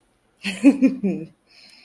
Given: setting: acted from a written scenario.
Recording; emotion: vocal sound without words; amusement